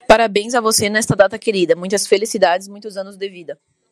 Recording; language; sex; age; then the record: short text; Brazilian Portuguese; female; 30 to 39 years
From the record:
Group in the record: control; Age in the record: 30 years